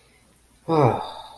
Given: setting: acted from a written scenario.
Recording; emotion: vocal sound without words; desire